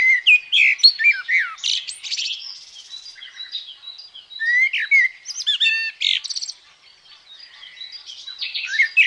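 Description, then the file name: Common blackbird singing slurred phrases that dip and rise, mixed with high squeaky twitters, with brief pauses between bursts. "Merel"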